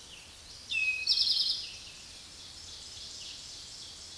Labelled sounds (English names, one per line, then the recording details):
Eastern Towhee song
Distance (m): 5 m
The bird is about level with the microphone
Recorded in a Pennsylvania forest on 16 May 2024 at 06:08
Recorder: AudioMoth, point MSD-2166
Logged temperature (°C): 16.3 °C
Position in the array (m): 107 m, 9 m